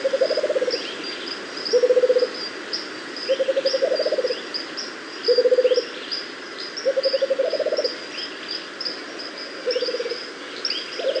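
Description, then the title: Rufous-capped motmot giving short, low, rapidly pulsed trills, repeated every one to two seconds at slightly different pitches, over high insect and bird chirping. "LuckyPassaro Completos2Sama. Rufous-capped Motmot (Baryphthengus ruficapillus)"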